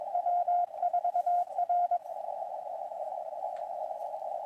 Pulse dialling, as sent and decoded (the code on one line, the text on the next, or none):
none